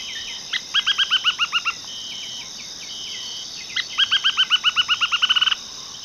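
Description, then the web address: Dark-breasted spinetail singing a rapid, rattling series of clipped notes, repeated twice with softer notes in the gap, against a steady shrill insect hum. Recorded in the eastern lowlands of South America. "Natures Songs S America Eastern Lowlands. Synallaxis albigularis, song"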